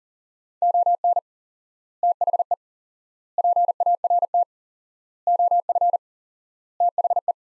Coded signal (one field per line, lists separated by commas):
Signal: Morse code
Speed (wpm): 40 wpm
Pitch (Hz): 700 Hz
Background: none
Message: ON THE PART OF THE